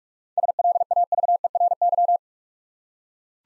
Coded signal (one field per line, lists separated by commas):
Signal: Morse code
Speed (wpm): 44 wpm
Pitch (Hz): 700 Hz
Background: none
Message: SLAVERY